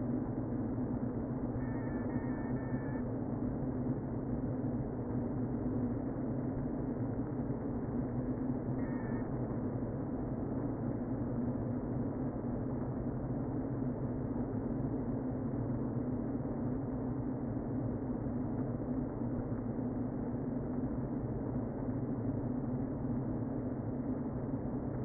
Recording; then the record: honeybee colony, microphone inside the hive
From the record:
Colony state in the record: queen present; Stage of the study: before two queens were removed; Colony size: about 60,000 bees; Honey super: yes